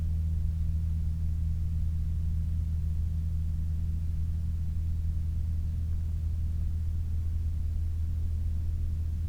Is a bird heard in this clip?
no